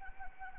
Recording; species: mosquito wingbeat signal from an infrared sensor; Anopheles arabiensis